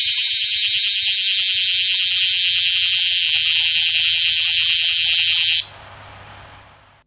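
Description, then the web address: Bear cicada song, a loud, steady, shrill buzzing drone that cuts off abruptly after about five and a half seconds, leaving a quiet hiss. "insect kumazemi"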